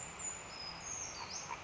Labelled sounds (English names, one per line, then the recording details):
Brown Creeper
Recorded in Sonoma County, California